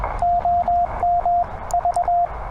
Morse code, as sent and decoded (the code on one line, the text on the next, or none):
--- -- ...-
OMV